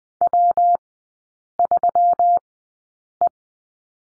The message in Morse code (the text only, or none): W3E